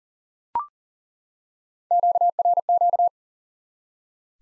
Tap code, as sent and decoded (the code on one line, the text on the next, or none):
none